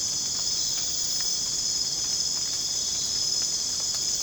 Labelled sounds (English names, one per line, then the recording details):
none
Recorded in dense forest near Puerto Asís, Putumayo, Colombia, on 25 June 2025 at 00:30
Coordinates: 0.486, -76.317
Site G065